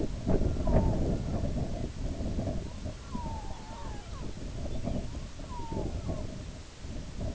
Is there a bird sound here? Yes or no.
yes